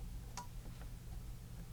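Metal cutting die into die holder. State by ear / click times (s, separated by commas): seated / 0.4 s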